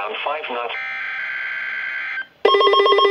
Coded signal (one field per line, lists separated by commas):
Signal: Emergency Alert System (SAME) tones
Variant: header bursts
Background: speech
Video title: Required Weekly Test (EAS #124)